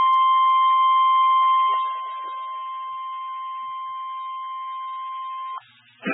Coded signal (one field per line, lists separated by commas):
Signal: Emergency Alert System (SAME) tones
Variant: 1050 Hz attention tone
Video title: Chaotic Hellstorm VI Holiday Hell | EAS Alerts From 12/10/2021 (EAS #1,132-1,192)